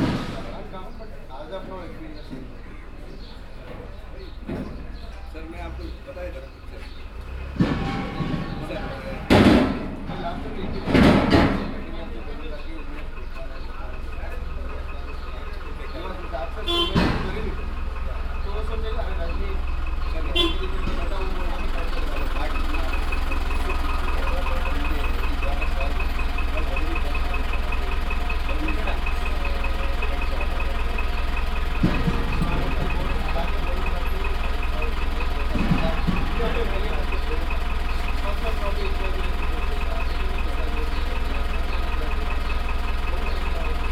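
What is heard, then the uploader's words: A truck idles with a steady low rumble while gas cylinders are delivered, sharp metallic clanks and knocks landing between about 8 and 20 seconds. After that the engine grows louder and more even, with a few duller thuds later and occasional voices. Delivery of gas cylinders and a truck. Mars 2013, Gokarna.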